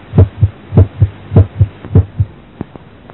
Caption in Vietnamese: Gắng sức, cường giáp, sốt hoặc tăng lưu lượng tuần hoàn, thông liên thất. Tiếng thứ nhất có thể mạnh lên.